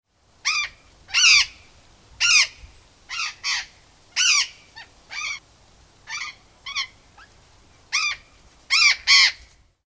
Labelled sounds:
Burrowing Parrot (Cyanoliseus patagonus)

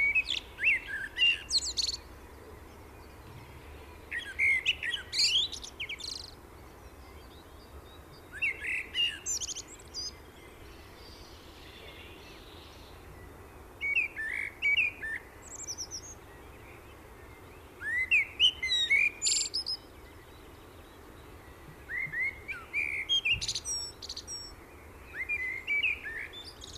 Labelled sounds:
Common Blackbird (Turdus merula) song

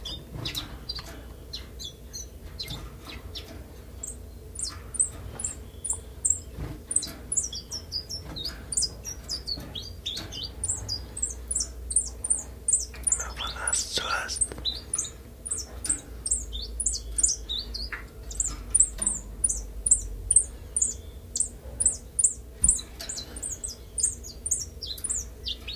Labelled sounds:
Common Chiffchaff (Phylloscopus collybita)

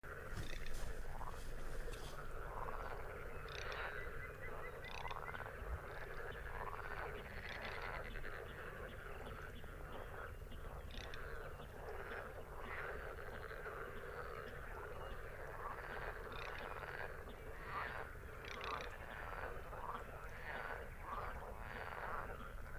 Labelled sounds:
Garganey (Spatula querquedula) call, Edible Frog (Pelophylax esculentus)

